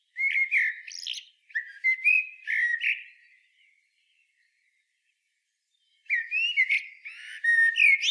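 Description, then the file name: Common blackbird singing, with rich fluted whistles and squeaky high twitters in a long phrase, a pause, then a further warbled phrase. "Turdus merula"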